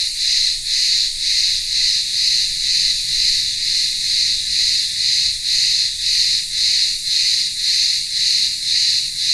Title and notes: Cicadas in the midday Greek heat. Greek village in the remote island of Ikaria. Town square - cicadas in the midday heat and maybe some distant voices of villagers